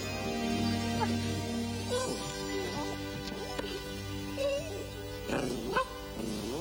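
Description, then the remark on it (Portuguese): A small dog yaps and yips repeatedly in short, high-pitched bursts, some rising into whiny tones, over a steady humming background. “Um cachorrinho!”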